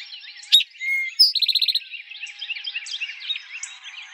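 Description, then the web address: Eastern towhee song, loud and clear: a crisp note, a short low whistle, then a rapid buzzy trill, with constant chattering of other birds behind. Recorded in 2007. "Eastern Towhee 2007 01 04 Eastern Towhee"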